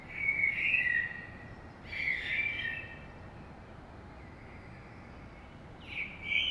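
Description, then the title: Common blackbird giving three fluted warbling phrases, the last after a longer pause, with steady hiss. Saint-Gilles, Belgium; early morning; recorded with DPA 2006c microphones in AB stereo into a Zoom F3. "Saint-Gilles, Belgique - Blackbird - Merle"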